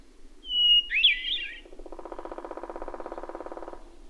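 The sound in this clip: Bird song: a thin whistle leads into a brief twittering warble, followed by a steady pulsed buzzing drone lasting about two seconds.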